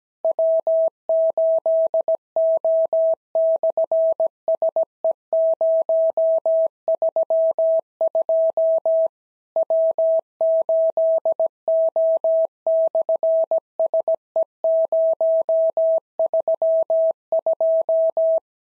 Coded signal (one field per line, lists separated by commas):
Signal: Morse code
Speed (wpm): 17 wpm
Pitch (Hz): 650 Hz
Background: none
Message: W8O/SE032 W8O/SE032